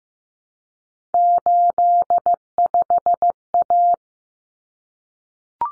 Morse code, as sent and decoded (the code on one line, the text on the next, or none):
---.. ..... .-
85A